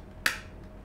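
A hand presses around the plastic cover of a Cisco Linksys E900 wireless router, and another plastic snap-fit clip of the cover clicks home into the base at 0.26 s. It makes a single sharp, bright click that rises suddenly from quiet background and fades within about a tenth of a second, and the clip is seated.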